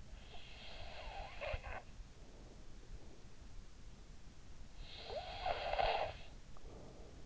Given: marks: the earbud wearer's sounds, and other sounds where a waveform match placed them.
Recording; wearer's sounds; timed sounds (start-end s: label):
sounds in sleep by an in-ear microphone; snoring breath
0.09-2.55 s: snoring breath
4.23-7.26 s: snoring breath